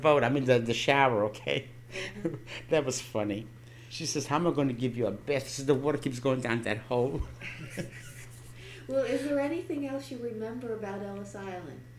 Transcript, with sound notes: I mean, the shower, okay. That was funny. She says, "How am I going to give you a bath?" She says, "The water keeps going down that hole." ( she laughs )
Well, is there anything else you remember about Ellis Island?